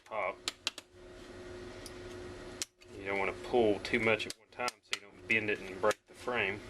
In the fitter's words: you can hear it pop.